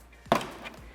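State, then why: Released. A plastic wedge tool pushes up on the second side of a plastic grille on a 2017-2019 Super Duty pickup truck front end to release its retaining clip. A sharp click at 0.3 s, after two faint taps, marks the clip popping free, followed by a short scraping tail. The grille clip is released.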